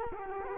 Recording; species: mosquito wingbeat signal from an infrared sensor; Culex quinquefasciatus